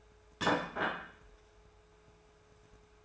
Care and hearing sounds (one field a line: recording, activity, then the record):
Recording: daily activity, microphone in the room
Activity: place plate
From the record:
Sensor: 2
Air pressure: 1014.9 hPa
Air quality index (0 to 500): 204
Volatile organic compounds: 20 ppm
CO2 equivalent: 2694 ppm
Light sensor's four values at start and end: 25/59/26/29 and 25/59/26/28